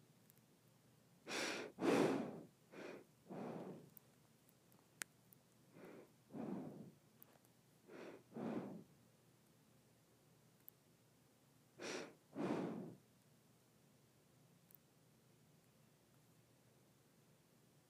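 Nose breathing in short, airy bursts, clustered pairs of inhales and exhales with quiet pauses between, a few faint clicks scattered throughout.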